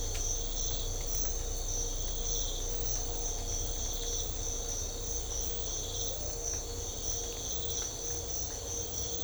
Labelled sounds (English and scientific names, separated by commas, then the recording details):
none
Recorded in secondary vegetation near Puerto Asís, Putumayo, Colombia, on 21 December 2024 at 05:30
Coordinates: 0.500, -76.326
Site G065